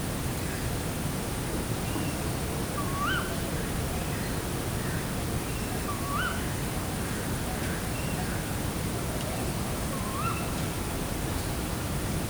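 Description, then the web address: Tawny owl repeating a short, rising call three times at roughly three- to four-second intervals, with faint scattered notes and a constant hissy background. Tawny owl in flight in nature at night in Perkupa, 2015. "allathangok termeszetben macskabagoly 2015 mozgasbanlevomadar ejszaka perkupa"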